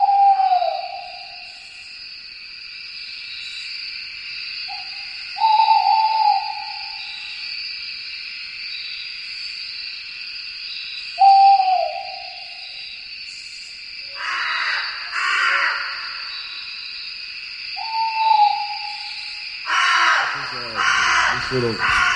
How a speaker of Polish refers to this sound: No to na początek nasze nocne radiowe ptaki, a potem przejdziemy do rzeczy, czyli do tematów muzycznych na dziś zaplanowanych.